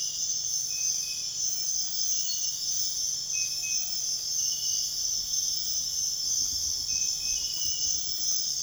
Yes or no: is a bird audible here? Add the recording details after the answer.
no. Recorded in secondary vegetation near Puerto Asís, Putumayo, Colombia, on 29 June 2025 at 05:00. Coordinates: 0.485, -76.322. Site GP06